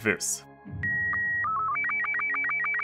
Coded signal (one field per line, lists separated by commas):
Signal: SSTV (slow-scan television)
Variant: Robot 36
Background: speech